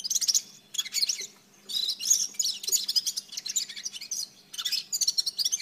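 Red-fronted serin song: fast, tinkling phrases of high buzzy and chirping notes, repeated in bursts with brief pauses between.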